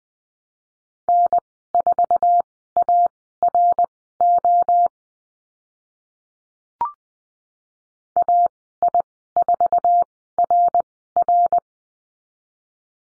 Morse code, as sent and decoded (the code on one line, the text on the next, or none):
-. ....- .- .-. --- / .- .. ....- .-. .-.
N4ARO AI4RR